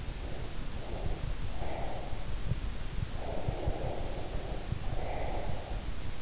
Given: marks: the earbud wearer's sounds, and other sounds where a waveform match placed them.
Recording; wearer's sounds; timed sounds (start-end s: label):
sounds in sleep by an in-ear microphone; breath
0.19-2.23 s: breath
3.15-5.91 s: breath